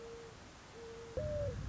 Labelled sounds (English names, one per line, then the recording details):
Mourning Dove
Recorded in Sonoma County, California